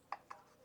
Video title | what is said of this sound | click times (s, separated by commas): 5K Video Camera Camcorder, UHD 64MP Vlogging Camera for YouTube with 3" 270° Rotatable Touch Screen | and locks into place. | 0.1 s